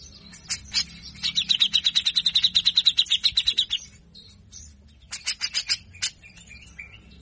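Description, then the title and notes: Grey-cheeked bulbul giving a rapid, harsh rattle of repeated notes for over two seconds, then a pause and a short burst of sharp notes. Bird singing actively (gacor) in a full rough rattling style (besetan kasar) with 'ngepik' notes. "MASTERAN CUCAK JENGGOT GACOR FULL BESETAN KASAR. Masteran cucak Jenggot gacor Mbeset Ngepik. Burung cucak jenggot"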